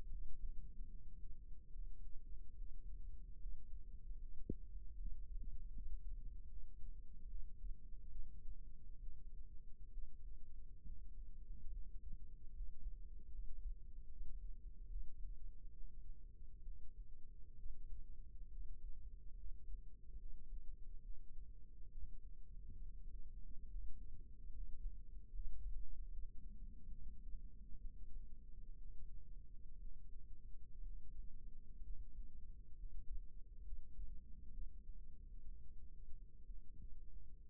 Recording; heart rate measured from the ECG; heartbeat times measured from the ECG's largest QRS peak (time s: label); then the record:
heart sounds by microphone in the right ear; 69 bpm
0.07 s: heartbeat
0.87 s: heartbeat
1.69 s: heartbeat
2.53 s: heartbeat
3.37 s: heartbeat
4.17 s: heartbeat
4.95 s: heartbeat
5.71 s: heartbeat
6.46 s: heartbeat
7.26 s: heartbeat
8.10 s: heartbeat
8.99 s: heartbeat
9.89 s: heartbeat
10.81 s: heartbeat
11.69 s: heartbeat
12.51 s: heartbeat
13.29 s: heartbeat
14.06 s: heartbeat
14.86 s: heartbeat
15.71 s: heartbeat
16.61 s: heartbeat
17.55 s: heartbeat
18.48 s: heartbeat
19.33 s: heartbeat
20.16 s: heartbeat
21.00 s: heartbeat
21.87 s: heartbeat
22.77 s: heartbeat
23.66 s: heartbeat
24.50 s: heartbeat
25.30 s: heartbeat
26.08 s: heartbeat
26.89 s: heartbeat
27.77 s: heartbeat
28.75 s: heartbeat
29.77 s: heartbeat
30.80 s: heartbeat
31.80 s: heartbeat
32.73 s: heartbeat
33.61 s: heartbeat
34.49 s: heartbeat
35.42 s: heartbeat
36.44 s: heartbeat
37.47 s: heartbeat
From the record:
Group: healthy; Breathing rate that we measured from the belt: 9 breaths a minute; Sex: female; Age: 37 years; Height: 168 cm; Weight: 70 kg